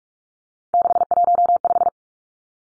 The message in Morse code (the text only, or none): 615